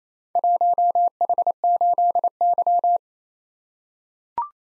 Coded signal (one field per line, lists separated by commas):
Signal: Morse code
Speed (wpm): 28 wpm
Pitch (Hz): 700 Hz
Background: none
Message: 1H8Y